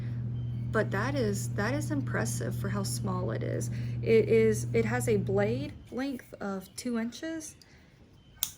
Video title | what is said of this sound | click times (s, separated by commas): EDC Update - Unboxing New EDC Gear | and it locks into place snappy knife | 8.4 s